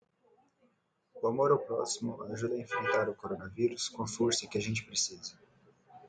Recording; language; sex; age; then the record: spoken sentence; Brazilian Portuguese; male; 20 to 29 years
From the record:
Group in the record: control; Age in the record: 22 years